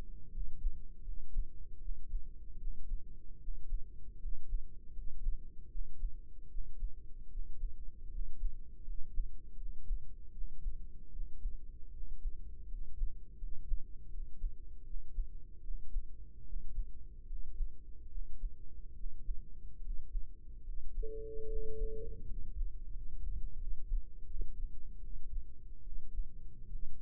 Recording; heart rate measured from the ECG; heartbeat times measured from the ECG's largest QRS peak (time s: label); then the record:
heart sounds by microphone in the right ear; 77 bpm
0.29 s: heartbeat
1.01 s: heartbeat
1.78 s: heartbeat
2.56 s: heartbeat
3.37 s: heartbeat
4.17 s: heartbeat
4.91 s: heartbeat
5.67 s: heartbeat
6.47 s: heartbeat
7.27 s: heartbeat
8.08 s: heartbeat
8.82 s: heartbeat
9.55 s: heartbeat
10.30 s: heartbeat
11.09 s: heartbeat
11.90 s: heartbeat
12.66 s: heartbeat
13.36 s: heartbeat
14.08 s: heartbeat
14.82 s: heartbeat
15.60 s: heartbeat
16.42 s: heartbeat
17.25 s: heartbeat
18.07 s: heartbeat
18.92 s: heartbeat
19.79 s: heartbeat
20.61 s: heartbeat
21.45 s: heartbeat
22.24 s: heartbeat
22.90 s: heartbeat
23.56 s: heartbeat
24.25 s: heartbeat
24.99 s: heartbeat
25.81 s: heartbeat
26.67 s: heartbeat
From the record:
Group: healthy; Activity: rest 0-21 s, breath hold 21-27 s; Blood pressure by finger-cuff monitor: 101/59 mmHg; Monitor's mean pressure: 69 mmHg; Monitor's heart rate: 76 bpm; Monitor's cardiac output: 5.7 L/min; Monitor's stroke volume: 73 mL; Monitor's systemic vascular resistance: 870 dyn s/cm5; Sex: male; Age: 20 years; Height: 167 cm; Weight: 61 kg